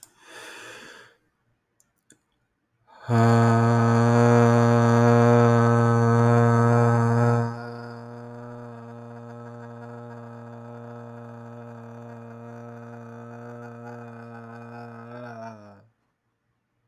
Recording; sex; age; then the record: vowel held as long as possible; male; 20 to 29 years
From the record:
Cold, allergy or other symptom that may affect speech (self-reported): no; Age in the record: 27 years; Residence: South Carolina, United States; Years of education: 13